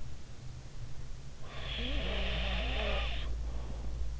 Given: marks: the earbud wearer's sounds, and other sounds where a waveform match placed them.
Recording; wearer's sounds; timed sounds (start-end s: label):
sounds in sleep by an in-ear microphone; snoring breath
1.37-3.37 s: snoring breath